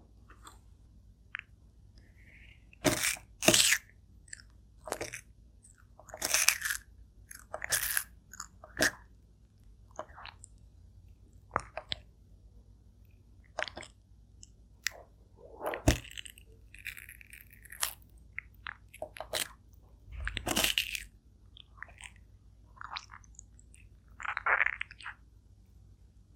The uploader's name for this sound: turtle eating asmr mukbang